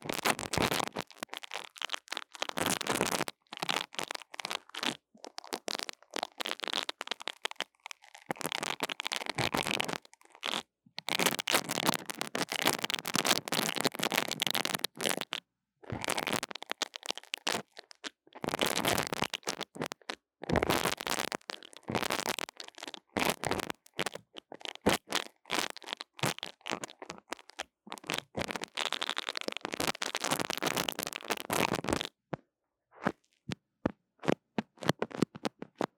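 Tapping and scratching on a mini mic in bursts of dense, bright crackling rasps, broken by short silences, with sparse clicks near the end.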